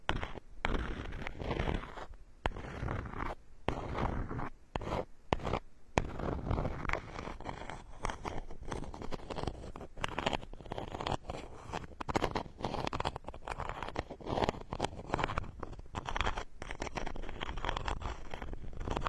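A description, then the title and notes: Scratchy rubbing and scraping from an ear-cleaning massage. Dense crackles and rasping strokes come in quick uneven bursts, with brief near-silent breaks in the first six seconds, then run more continuously to the end. Tree Ear Picking Supreme Spa Ear Massage.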